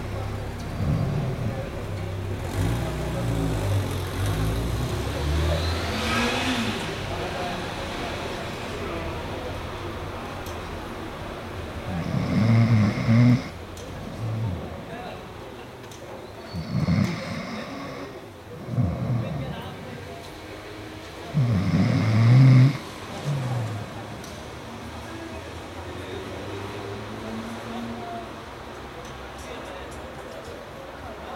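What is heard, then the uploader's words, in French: City noise through an open window: a steady low traffic rumble, with passing vehicles swelling around 6, 13, 17–19 and 22 seconds, and faint voices. C'était l'été 2003, pendant la canicule. Par la fenêtre ouverte à cause de la chaleur, les bruits de la ville pénétraient dans la chambre.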